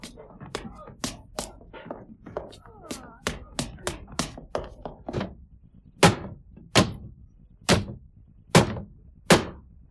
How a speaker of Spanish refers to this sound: Está dando hachazos a una ventana de un dormitorio.